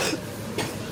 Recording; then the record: coughing mixed with background sound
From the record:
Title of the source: 61 morning phlegmy cough...again